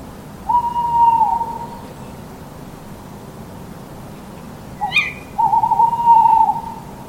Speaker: It is two tawny owls calling to each other from across a lake. And the female is just going like, kwik